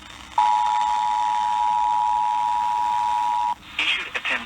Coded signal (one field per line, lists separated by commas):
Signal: Emergency Alert System (SAME) tones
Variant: 853 and 960 Hz attention tone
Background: speech